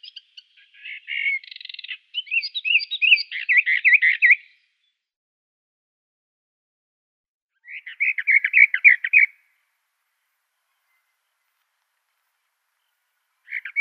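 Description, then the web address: Western Orphean Warbler singing: warbled phrases of up to about four and a half seconds, delivered in bursts with long silent gaps between them. "Schulze Peter Western Orphean Warbler song"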